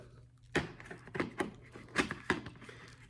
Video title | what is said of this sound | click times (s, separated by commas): BrakeFree,for visibility safety talk | I didn't see you actually do it see it clicks off like that it's | 0.6 s